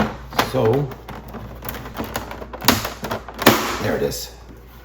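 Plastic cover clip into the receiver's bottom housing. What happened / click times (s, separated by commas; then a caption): The plastic cover is handled but not yet seated / none. During reassembly of a Bose AV3-2-1 receiver that won't turn on, a hand handles the plastic cover piece whose clip goes onto the receiver's bottom housing while someone talks. Short plastic taps and knocks are heard, the loudest near 2.7 s and 3.5 s. The cover has not seated or clicked into place yet.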